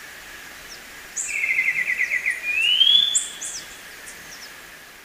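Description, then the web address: Black-winged Saltator: songbird giving a fast trilled phrase followed by a smooth rising whistle, with high thin chips from other birds in the background. Ecuador. "Natures Songs S America Birds of Ecuador, Black-winged Saltator"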